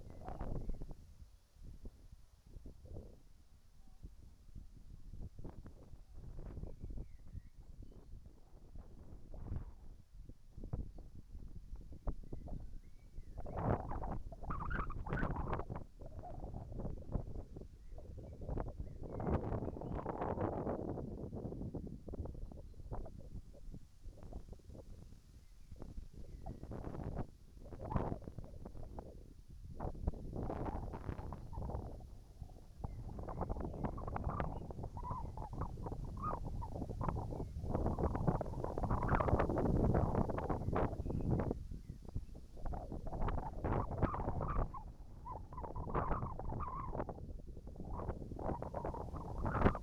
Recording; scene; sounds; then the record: everyday scene through a hearing-aid microphone; wind on the microphone; wind, whistling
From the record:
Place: in front of a rural house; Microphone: behind the ear, right, rear